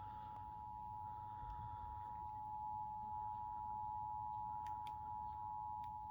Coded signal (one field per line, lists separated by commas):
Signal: Emergency Alert System (SAME) tones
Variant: 853 and 960 Hz attention tone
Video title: eas svr Eas#93